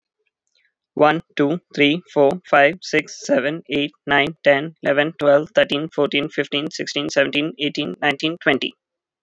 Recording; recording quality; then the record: counting at a fast pace; excellent, no background noise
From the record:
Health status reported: healthy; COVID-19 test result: not tested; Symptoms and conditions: cough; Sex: male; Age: 27 years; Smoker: not ticked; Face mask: not worn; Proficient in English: yes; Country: India